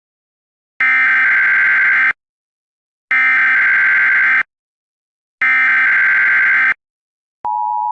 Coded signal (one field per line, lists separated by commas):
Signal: Emergency Alert System (SAME) tones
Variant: header bursts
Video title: EAS Scenario #16: ISIS Nightmare